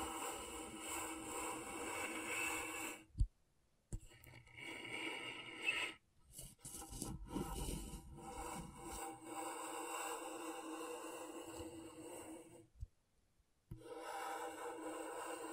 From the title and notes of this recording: ASMR Brain Tingling Scratchboard (No Talking).